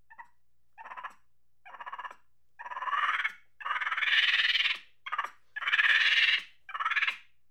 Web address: Sony Pictures Sound Effects Series Volumes 1-10 Volume 1 Animals Monkey Angry Chatter